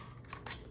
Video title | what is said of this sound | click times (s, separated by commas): TightSpot ShiftLock Quiver Review | release system so super easy just unlock the lever and then | 0.5 s